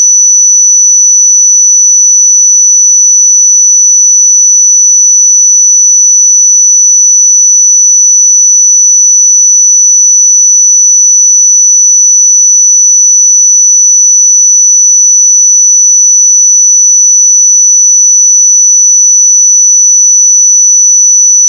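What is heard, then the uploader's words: A pure sine tone at 5953 Hz holds perfectly steady for the full 22 seconds. The high, thin whistle never wavers in pitch or loudness, with no other sounds underneath and nothing before or after it. 5953 Hz 1 Hz Interval Sine Pure Tone Frequency 441000 Sample Mono.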